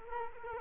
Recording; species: mosquito wingbeat signal from an infrared sensor; Culex quinquefasciatus